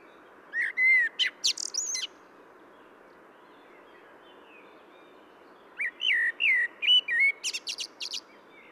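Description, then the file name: Common blackbird song phrases: mellow whistles followed by sharp high chittering notes, one phrase near the start and a longer one after a pause of several seconds. "Turdus merula"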